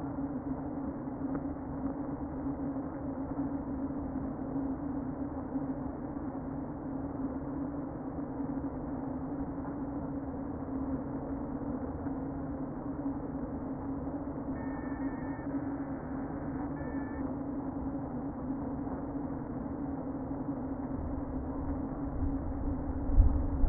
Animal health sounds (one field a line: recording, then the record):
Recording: honeybee colony, microphone inside the hive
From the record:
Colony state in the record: queen present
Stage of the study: before two queens were removed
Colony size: about 60,000 bees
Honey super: yes